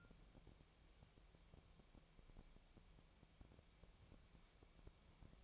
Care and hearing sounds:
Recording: daily activity, microphone in the room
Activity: wipe stove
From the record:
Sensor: 1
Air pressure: 1001.6 hPa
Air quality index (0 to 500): 217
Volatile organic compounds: 27 ppm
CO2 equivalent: 2892 ppm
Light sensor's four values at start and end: 7/28/10/11 and 7/28/10/11

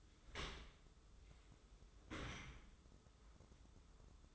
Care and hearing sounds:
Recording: daily activity, microphone in the room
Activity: open dishwasher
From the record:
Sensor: 3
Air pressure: 995.8 hPa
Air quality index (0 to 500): 97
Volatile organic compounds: 13 ppm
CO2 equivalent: 2426 ppm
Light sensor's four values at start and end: 29/87/37/32 and 29/87/37/32

